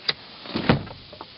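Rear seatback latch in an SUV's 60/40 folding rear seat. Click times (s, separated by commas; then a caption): 0.1 s. On the 60 side of the 60/40 folding rear seat in a 2011 Mercedes-Benz ML350 4MATIC, with the headrest lowered, the release is pulled. The seatback latch gives a sharp little click open at 0.1 s. Duller knocks follow at about 0.7 s and 1.2 s as the released seatback folds down.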